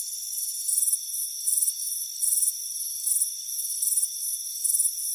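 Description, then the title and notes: Cricket giving short high pulsed chirps spaced under a second apart against a constant high whine. Chirping on a warm afternoon by a front porch. "Soothing Crickets Chirping Sound. It's a warm afternoon as you relax in a hammock on the front porch. Deep Sleep Sounds"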